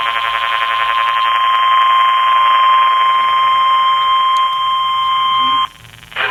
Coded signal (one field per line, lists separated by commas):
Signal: Emergency Alert System (SAME) tones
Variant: 1050 Hz attention tone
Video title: TOO MANY FLOODS! (EAS 94-101)